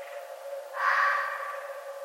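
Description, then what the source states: Red fox uttering one grating, rasping call after a quiet pause, fading out slowly above a steady background hum. Recorded 11 November 2011.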